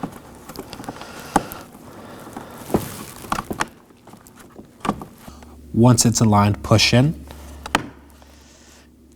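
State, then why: Seated. On a 2018-2024 Chevrolet Equinox, the plastic end of the front door release cable is aligned and pushed into the exterior door handle while someone talks. Soft handling taps come before the sharp click at 7.8 s, which shows the cable end has seated securely in the handle.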